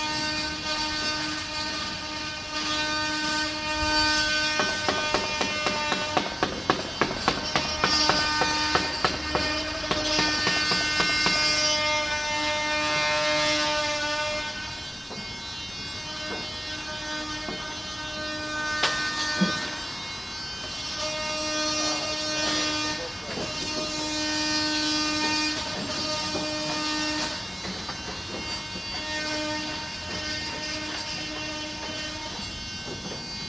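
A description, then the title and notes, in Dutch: Restoration work on an old school building: a power tool whines at a steady pitch, stopping and starting throughout. Rapid tapping and knocks cluster between about five and ten seconds, with a few sharp hits later, over a constant low background rumble. Restauratiewerkzaamheden aan de 3e Hogere Burger School aan de Mauritskade in Amsterdam. Restoration work on the 3rd Hogere Burger School (old name for secondary school) at the Mauritskade, Amsterdam.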